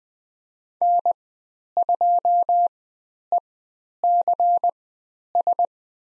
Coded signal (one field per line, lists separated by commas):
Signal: Morse code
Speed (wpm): 20 wpm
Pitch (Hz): 700 Hz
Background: none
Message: N2ECS